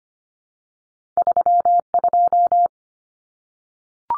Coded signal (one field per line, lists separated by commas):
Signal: Morse code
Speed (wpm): 25 wpm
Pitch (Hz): 700 Hz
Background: none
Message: 32